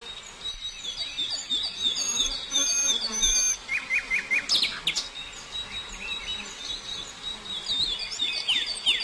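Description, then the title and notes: Prinia song of sharp high chirps, with a run of quick repeated lower notes in the middle. Full song including the rolling song style called ngerol. "Suara Kicau Burung Prenjak Lengkap dan Ngerol"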